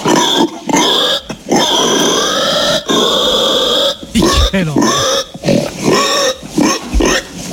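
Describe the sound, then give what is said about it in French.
A person imitates the squealing of a pig being slaughtered: loud, strained, high-pitched shrieks in a long continuous stretch, then a series of choppy squeals and grunts broken by brief gasps. “Et après, la mort du cochon, vous faut vraiment pousser à fond, on fait...”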